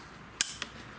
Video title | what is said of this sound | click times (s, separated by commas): Installing a WHIM (Wireless Headset Interface Module) on a Harley Electraglide | Click, back into place. | 0.4 s